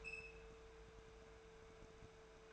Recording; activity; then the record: daily activity, microphone in the room; open fridge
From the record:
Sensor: 2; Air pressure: 1014.7 hPa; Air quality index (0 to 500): 190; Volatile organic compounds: 15 ppm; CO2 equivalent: 2514 ppm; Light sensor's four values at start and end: 10/25/10/11 and 10/24/10/10